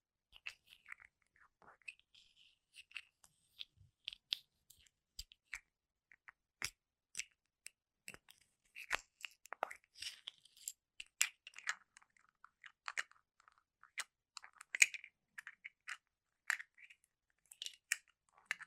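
Fingertips tap and click on Apple devices, keyboards and product boxes in quick, irregular bursts. Sharp, bright clicks and short crunchy scratches come several times a second, growing denser after about ten seconds, with silence between.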